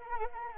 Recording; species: mosquito wingbeat signal from an infrared sensor; Anopheles arabiensis